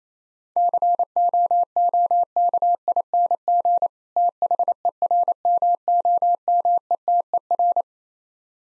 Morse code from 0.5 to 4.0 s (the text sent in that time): COOKING